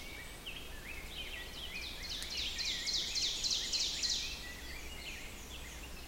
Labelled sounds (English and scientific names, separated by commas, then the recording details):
Ovenbird (Seiurus aurocapilla) song
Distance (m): 55 m
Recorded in boreal forest in Alberta, Canada, on 6 June 2016 at 07:39
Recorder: SongMeter 3, array SBT-3-51
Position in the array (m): 230 m, 137 m
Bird 28